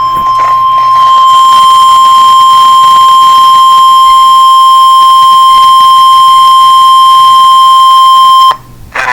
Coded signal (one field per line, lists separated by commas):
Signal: Emergency Alert System (SAME) tones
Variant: 1050 Hz attention tone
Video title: Severe Thunderstorm Warning EAS #4